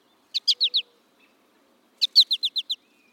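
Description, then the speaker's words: American Goldfinch flight calls: a short series of four bright, chippy notes, then after a pause a run of six similar notes. Male giving a contact flight call to let the flock know he is still with the group. "American goldfinch makes a flight call to let the flock know he's still with the group."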